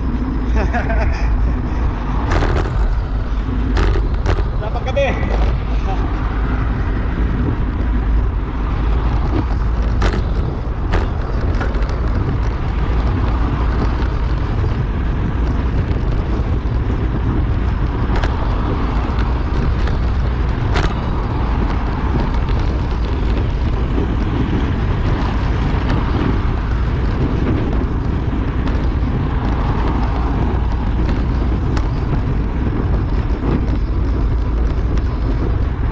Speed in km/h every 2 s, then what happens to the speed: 44, 40, 37, 36, 34, 32, 31, 29, 29, 29, 30, 30, 32, 32, 32, 33, 34, 34.
0-13 slows to 29. 13-36 steady at about 32.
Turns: none.